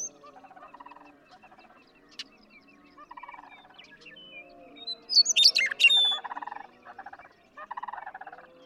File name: Western Meadowlark